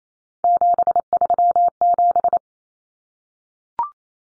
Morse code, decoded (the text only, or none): 737